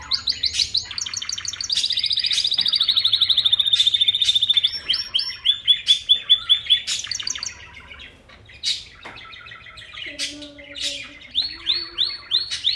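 Bird song, a long, fast, even trill that slowly falls in pitch, followed by sharp separate notes and short rising phrases.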